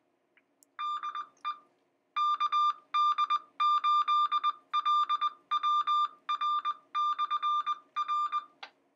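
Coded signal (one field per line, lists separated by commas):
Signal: Morse code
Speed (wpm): 20 wpm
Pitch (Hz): 1200 Hz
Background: none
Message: DE KD8LWR/R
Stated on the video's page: Received over a simplex repeater system.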